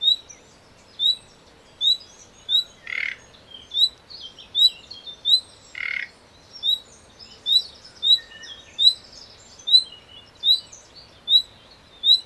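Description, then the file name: Common nightingale repeating sharp high whistled call notes, broken twice by short harsh croaking bursts. "Luscinia megarhynchos"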